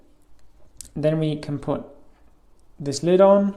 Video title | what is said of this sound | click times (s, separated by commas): [Morpheus Chair] Move DC Motors for a Robot with Raspberry Pi - Ep.2 | we have to hear a little click and it but it as | 0.8 s